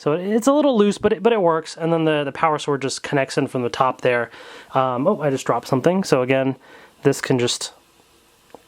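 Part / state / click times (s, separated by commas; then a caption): action figure weapon piece into the bottom of the combined blaster / seated / 8.5 s. Someone talks while pushing a plastic action-figure weapon part into the bottom of another weapon piece to build the combined power blaster. After the talking fades, a short, faint click is heard at 8.6 s as the part seats in place.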